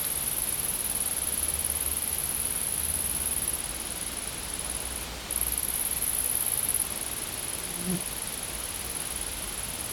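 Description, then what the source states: Insect giving a continuous high shrill buzz that pauses briefly halfway through, then resumes, against steady background hiss and a faint low hum. Insects recorded in a field.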